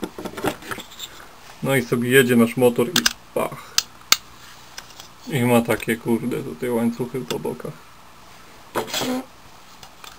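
Plastic side chain pieces on a 1995 Toy Biz Blaze toy motorcycle are handled and pushed back toward the body while someone talks, with light plastic taps and two sharp knocks around 3.8 s and 4.1 s. Nothing has seated or clicked yet.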